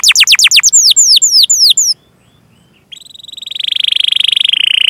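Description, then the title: Canary song: fast series of downward-sweeping whistled notes, then a pause and a long buzzy trill that swells and holds steady. Canary singing vigorously (gacor) with ornamented song phrases (cengkok, isian), for bird-song training. "Kenari Gacor Cengkok Isian Kenarigacor Kicaumania Kenari"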